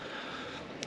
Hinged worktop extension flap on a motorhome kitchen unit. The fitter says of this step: a little bit of extra work surface to lift up at the side there that clicks into place,